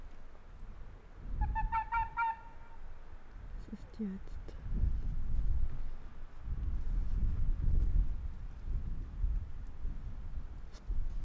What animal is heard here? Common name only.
Arctic Fox